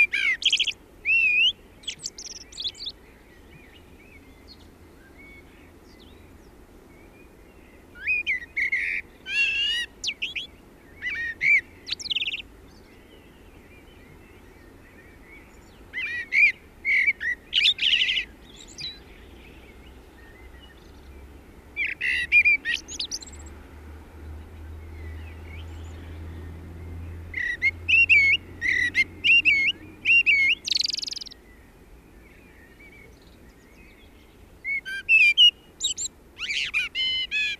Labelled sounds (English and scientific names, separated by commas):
Common Blackbird (Turdus merula) song